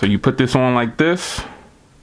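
Someone talks while fitting the plastic inner shell of an Otterbox Defender Pro protective case onto an iPhone XS Max smartphone. Near the end there is a brief broadband handling rustle, then quiet. Nothing has clicked or seated yet.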